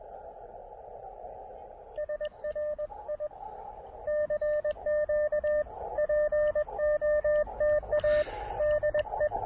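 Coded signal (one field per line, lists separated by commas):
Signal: Morse code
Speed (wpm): 20 wpm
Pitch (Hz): 590 Hz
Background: radio noise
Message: SRI CQ POTA DE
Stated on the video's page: QRP CW POTA park activation from a state park using an Elecraft KX2 and a random wire antenna.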